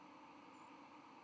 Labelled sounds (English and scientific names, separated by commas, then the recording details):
White-throated Sparrow (Zonotrichia albicollis) flight call
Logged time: 09:33 on 31 October 2014